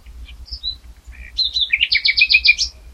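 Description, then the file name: Common nightingale song: a few soft whistles leading into a rapid series of repeated notes, over low background noise. "Luscinia megarhynchos"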